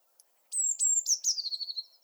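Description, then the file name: Eurasian blue tit: a very high thin whistle running into a fast series of notes that descend and fade over about one and a half seconds. "Cyanistes caeruleus"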